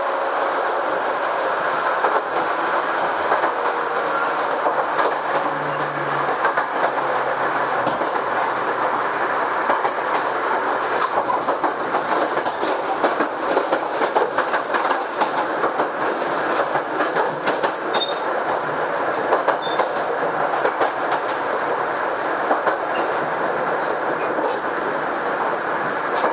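Recorded aboard a Chichibu Railway series 6000 express train, a steady, dense rumble of the moving carriage fills all 26 seconds. Quick, irregular clicks and rattles from the wheels and car body run throughout, with a constant bright hiss above and a faint low hum underneath.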